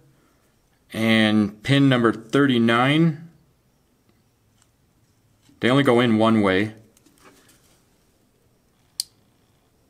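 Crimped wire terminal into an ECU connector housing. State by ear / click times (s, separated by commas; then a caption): seated / 9.0 s. A crimped pin on a white wire is pushed into cavity 39 of a plastic Infinity ECU connector while someone talks. A single sharp click sounds at 9.0 s as the pin passes the little plastic tab and seats in the cavity.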